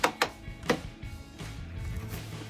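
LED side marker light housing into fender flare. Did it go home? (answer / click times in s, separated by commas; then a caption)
no / none. An LED side marker light housing (Raxiom Axial Series sequential turn signal) for a Jeep Gladiator JT is slid in from the front toward the fender flare opening, its plastic clips not yet pushed in. Three short, sharp knocks from handling the part land at about 0.0, 0.2 and 0.7 seconds, followed by a low, steady rumble. Nothing has seated or snapped into place yet.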